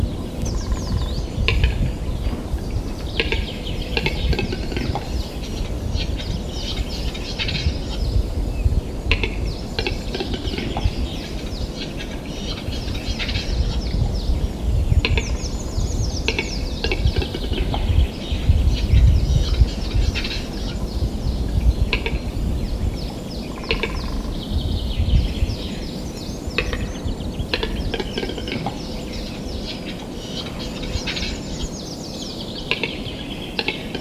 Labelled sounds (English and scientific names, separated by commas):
Western Capercaillie (Tetrao urogallus)